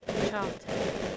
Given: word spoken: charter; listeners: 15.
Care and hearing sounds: one English word in noise, from a listening test; noise modulated by three-talker babble; -6.5 dB; 4 of 15; 7 of 15; 0.77 s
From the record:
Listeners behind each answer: 7, 4, 1, 1, 1, 1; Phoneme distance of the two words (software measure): 7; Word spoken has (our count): 2 syllables, 4 phonemes, stress on syllable 1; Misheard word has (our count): 1 syllable, 3 phonemes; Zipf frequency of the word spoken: 3.53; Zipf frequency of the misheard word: 3.99

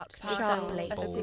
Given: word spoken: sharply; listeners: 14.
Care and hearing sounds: one English word in noise, from a listening test; four-talker babble; 0.0 dB; 4 of 14; 6 of 14; 0.83 s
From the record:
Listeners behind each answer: 6, 4, 1, 1, 1, 1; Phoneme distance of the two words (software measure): 14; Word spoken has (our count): 2 syllables, 5 phonemes, stress on syllable 1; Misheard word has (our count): 1 syllable, 3 phonemes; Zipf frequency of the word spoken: 3.50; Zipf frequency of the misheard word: 4.55

